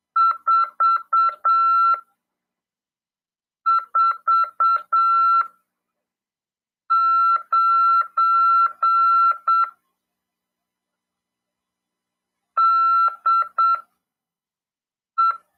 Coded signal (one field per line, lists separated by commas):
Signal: Morse code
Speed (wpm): 7 wpm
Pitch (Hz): 1350 Hz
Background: none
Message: 449 DE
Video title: RADIOAMADOR 1ªEd. 6/12/2022 "AULA 40: CW, LEGIS e C.RODADA" FM 146.410 Mhz. PY2EXU PAULO CRASP/RAF.